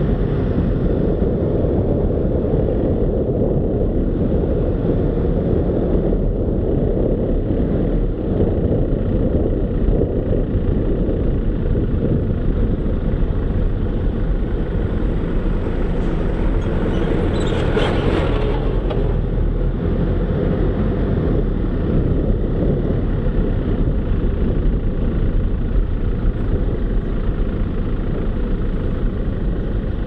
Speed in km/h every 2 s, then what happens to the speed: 26, 26, 26, 26, 22, 18, 13, 11, 10, 14, 15, 15, 12, 9, 4.
0-6 steady at about 26. 6-14 slows to 11. 14-22 steady at about 14. 22-30 slows to 4.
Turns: none.